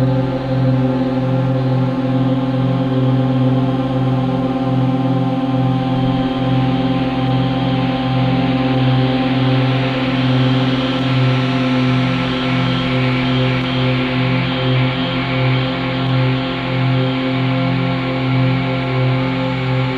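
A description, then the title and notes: A steady drone of stacked low tones holds for the whole twenty seconds, with a strong hum near the bottom pulsing slowly and evenly. Brighter, hissy frequencies shimmer above it, swelling slightly mid-way, while the overall loudness stays constant. Drone & frequencies.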